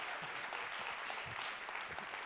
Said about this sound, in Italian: Capite che esempio che abbiamo in chiesa, in prima fila? Vogliamo fare un applauso a queste bambine. Grazie.